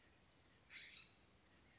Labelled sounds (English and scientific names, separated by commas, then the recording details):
California Scrub-Jay (Aphelocoma californica)
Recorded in Sonoma County, California